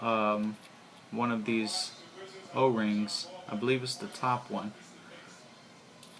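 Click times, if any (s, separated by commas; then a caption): 6.0 s. Someone talks while an O-ring is fitted to a Quasar Clone vape atomizer, likely the top one of its O-rings. At 6.0 s the atomizer cap is pressed onto the O-ring ring inside the atomizer body and seats with a short, sharp click, locking into place.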